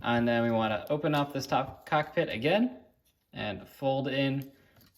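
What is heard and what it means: Someone talks while handling a plastic nose piece that is to be folded in under the open top cockpit of the action figure's torso until it clicks into place. Only the talking and faint handling noise are heard, and nothing has seated or clicked yet.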